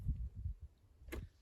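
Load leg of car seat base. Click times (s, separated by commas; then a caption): 1.1 s. The load leg of a Britax-Römer iSense Flex Base car seat base is pushed down while the base is lifted slightly, with low thumping and handling noise in the first half-second. A sharp, bright click at 1.1 s marks the leg locking into place, and the load leg is seated.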